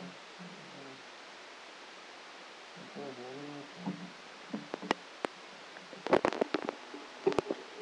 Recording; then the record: brain microelectrode recording played as sound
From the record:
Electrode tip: outside the subthalamic nucleus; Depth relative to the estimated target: 3 mm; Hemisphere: left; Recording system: NeuroSet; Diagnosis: Parkinson's disease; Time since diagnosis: 8 years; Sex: male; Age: 46 years